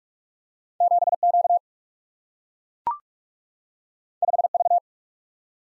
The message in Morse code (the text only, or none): 7 Q 5 V